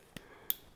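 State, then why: Seated. Two MC4-style plastic solar panel cable connectors are pushed into their mating connectors until they click, on an SP003 solar panel used with a RockPals 500W PS500 power station. A sharp click at 0.2 s and a louder one at 0.5 s, one for each connector, confirm both are seated.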